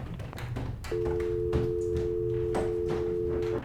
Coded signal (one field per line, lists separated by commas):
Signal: telephone call progress tone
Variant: North America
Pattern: dial tone